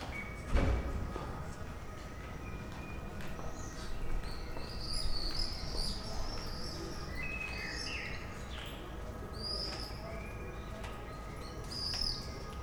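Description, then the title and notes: Common swifts screaming in brief, scattered high buzzy bursts over a noisy low rumble, with a short knock near the start. Bonn old town, July 2006. "bonn altstadt, mauersegler - mauersegler im juli 2006. Mauersegler, Bonn, Juli 2006. by maik johannsen"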